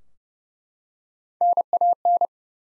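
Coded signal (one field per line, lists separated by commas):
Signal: Morse code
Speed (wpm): 30 wpm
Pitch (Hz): 700 Hz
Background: none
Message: NAN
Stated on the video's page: Head-copy drill of common three-letter-or-shorter US names sent at 30 wpm, each sent twice.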